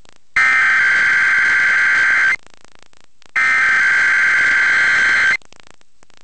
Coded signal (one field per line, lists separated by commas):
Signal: Emergency Alert System (SAME) tones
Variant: header bursts